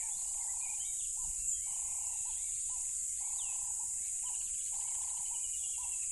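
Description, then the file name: Crickets in a loud, steady high-pitched trill that never breaks, with lower pulsing notes repeating in bursts and faint chirps. Loud crickets beside a tropical river. "smartsound ATMO NATURE Tropical River Loud Crickets"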